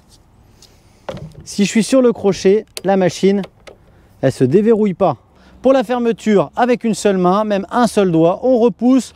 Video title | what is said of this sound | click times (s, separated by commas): La trottinette electrique Xiaomi 3 , La meilleure et pas chère dans ce test je donne mon avis | Et là, ça se déverrouille. Vous voyez? | 1.1 s